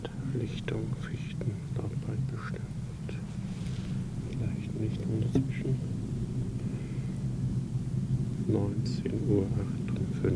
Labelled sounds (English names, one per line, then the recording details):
Red-backed Shrike call
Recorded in the wild
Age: adult
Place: Feldberg - Koldenhof, Mecklenburgische Seenplatte, Mecklenburg, DE
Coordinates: 53.3333, 13.3167
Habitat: mixed forest, clearing
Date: 1976-06-30 19:58
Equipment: Uher CR 210, Sennheiser MD 421 HL, Verstärker, Reflektor, Kopie Uher 4200
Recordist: Tembrock, Günter